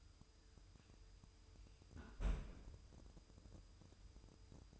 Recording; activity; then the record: daily activity, microphone in the room; close fridge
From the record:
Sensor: 2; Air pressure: 988.3 hPa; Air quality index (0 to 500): 194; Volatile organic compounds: 204 ppm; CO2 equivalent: 4228 ppm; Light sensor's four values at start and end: 21/73/28/27 and 21/73/28/27